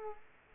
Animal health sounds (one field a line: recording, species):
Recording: mosquito wingbeat signal from an infrared sensor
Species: Aedes aegypti